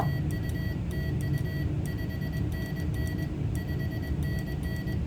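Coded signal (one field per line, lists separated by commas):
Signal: Morse code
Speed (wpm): 21 wpm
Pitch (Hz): 1950 Hz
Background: none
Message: TU TU 5NN 5NN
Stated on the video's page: QRP contact at 5 watts on a Michigan Cacti vertical antenna.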